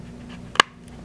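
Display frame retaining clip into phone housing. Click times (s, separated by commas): 0.6 s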